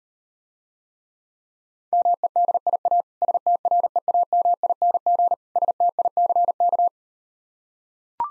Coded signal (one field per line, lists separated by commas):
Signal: Morse code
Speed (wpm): 38 wpm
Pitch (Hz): 700 Hz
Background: none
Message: MEDIA STREAMING STICK